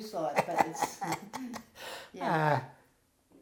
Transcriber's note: chuckles